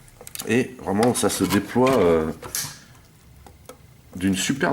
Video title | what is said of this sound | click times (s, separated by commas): MP-10 Optimus Prime (TRU Exclusive) | donc là on a le fameux clic et | 0.3 s